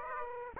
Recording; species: mosquito wingbeat signal from an infrared sensor; Aedes aegypti